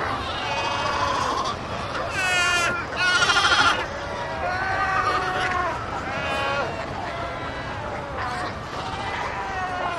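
Seals or sea lions calling: many overlapping wavering, bleating harmonic cries form a dense chorus, with louder bursts between two and four seconds over a steady background roar.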